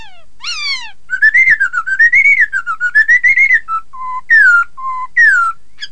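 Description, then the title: Laughingthrush song: a bright whistle, then a warbling stream of slurred notes, ending with steady low whistles and loud downslurs. "Suara Kicau Burung Poksay"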